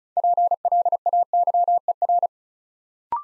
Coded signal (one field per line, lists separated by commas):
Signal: Morse code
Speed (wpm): 36 wpm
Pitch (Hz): 700 Hz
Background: none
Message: PLAYER